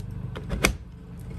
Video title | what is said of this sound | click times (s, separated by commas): Smart Plug Installation | you now get a very very satisfying snap and that's in there solid that's just not coming out | 0.6 s